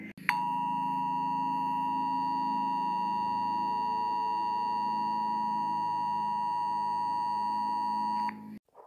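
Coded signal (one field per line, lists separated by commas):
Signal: Emergency Alert System (SAME) tones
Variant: 853 and 960 Hz attention tone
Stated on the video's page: Simulated emergency alert scenario, not a real broadcast.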